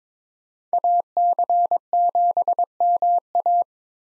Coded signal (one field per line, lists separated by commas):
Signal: Morse code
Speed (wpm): 21 wpm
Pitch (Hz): 700 Hz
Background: none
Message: AC7MA